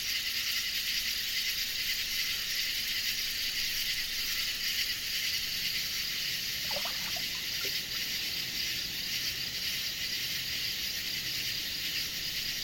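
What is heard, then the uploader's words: A dense, unbroken chorus of cicadas shrills high and steady, with faint distant waves murmuring low and a brief chirp near seven seconds. Night Chorus. Gentle waves lap against the shore in the distance. This is what it sounds like in the evening at Uncle Bob’s place out in Arkansas. Sound Recording by Dave Filbin.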